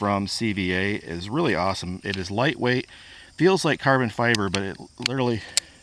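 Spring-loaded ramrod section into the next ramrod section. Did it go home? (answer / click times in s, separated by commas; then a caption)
no / none. Someone talks while handling a lightweight, carbon-fiber-feeling CVA rapid-deploy ramrod, bringing a spring-loaded section with a beveled joint toward the next ramrod section. The section has not yet snapped into place, and nothing has seated or clicked by the end of the clip.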